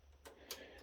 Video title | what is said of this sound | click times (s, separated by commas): How to remove Cisco UCS C220 M4 server from rails in rack | and once you push them all the way down that'll release the latching mechanisms that lock them into place | 0.3 s, 0.5 s